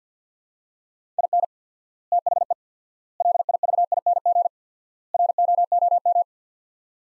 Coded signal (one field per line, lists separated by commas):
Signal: Morse code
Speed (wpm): 50 wpm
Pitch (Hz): 700 Hz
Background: none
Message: IN THE LIVING ROOM